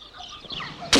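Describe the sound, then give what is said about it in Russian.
Agitated poultry squawk as bandits raiding a village catch the birds, in a run of shrill, wavering cries that rise and fall, ending in a sudden loud, harsh burst of noise like frantic flapping. “Банда Грицко грабит деревню. Ловят птиц, уводят скот.”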